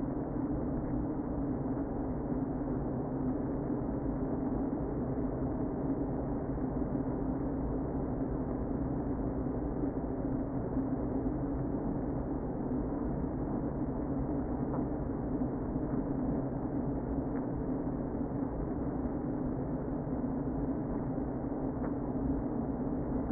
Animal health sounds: honeybee colony, microphone inside the hive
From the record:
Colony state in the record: queen present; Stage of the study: before two queens were removed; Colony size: about 60,000 bees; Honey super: yes

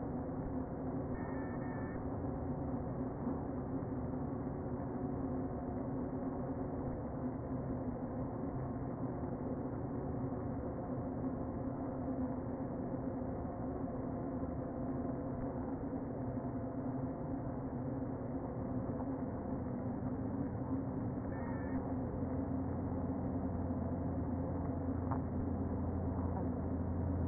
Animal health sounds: honeybee colony, microphone inside the hive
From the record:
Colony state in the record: queen present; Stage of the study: before two queens were removed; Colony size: about 60,000 bees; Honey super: yes

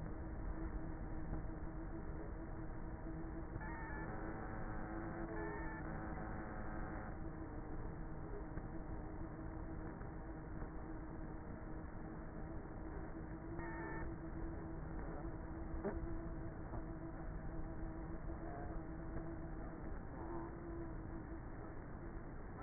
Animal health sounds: honeybee colony, microphone inside the hive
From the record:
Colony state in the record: queenless with a low population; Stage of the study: before two queens were removed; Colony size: about 30,000 bees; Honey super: no

